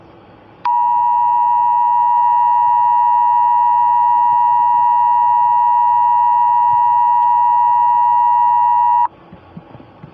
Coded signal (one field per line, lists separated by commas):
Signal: Emergency Alert System (SAME) tones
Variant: 853 and 960 Hz attention tone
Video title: EAS Scenario: Astroids bitch!